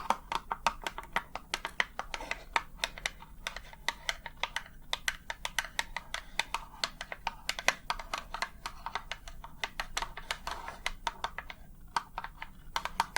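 Rapid, uneven tapping like keyboard keys clicks along throughout, sharp bright taps in quick bursts with short pauses over a low steady hum.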